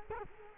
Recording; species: mosquito wingbeat signal from an infrared sensor; Culex quinquefasciatus